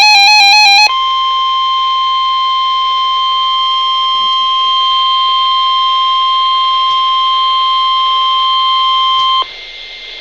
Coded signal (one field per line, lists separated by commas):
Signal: Emergency Alert System (SAME) tones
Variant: 1050 Hz attention tone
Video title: Real EAS #271 - Severe Thunderstorm Warning